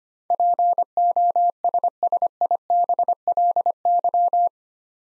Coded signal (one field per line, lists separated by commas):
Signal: Morse code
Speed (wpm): 25 wpm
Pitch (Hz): 700 Hz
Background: none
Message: POSSIBLY